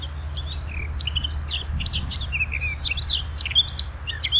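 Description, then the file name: Eurasian blackcap song, a varied, scratchy high warble of quick notes and brief whistles over a steady low rumble. "Sylvia atricapilla"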